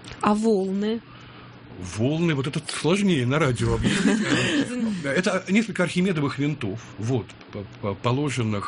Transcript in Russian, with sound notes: А волны?
Волны? Вот это сложнее на радио объяснить. (Все смеются) Это несколько архимедовых винтов, положенных